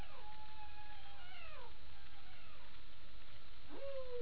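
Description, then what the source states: Humpback whale song with falling sweeps and a level moan, ending in a sharp upswept cry that settles into a strong sustained tone, over steady background noise. Passive acoustic recording (HARP), 28 April 2009 at 22:31.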